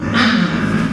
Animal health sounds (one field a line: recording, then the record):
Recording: squeal of a Yucatan mini pig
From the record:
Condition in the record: after surgery on the right vocal fold (resection and tissue-engineered implant)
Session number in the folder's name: 12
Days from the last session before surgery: 105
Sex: female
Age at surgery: 19 weeks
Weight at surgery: 25 kg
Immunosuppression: prednisolone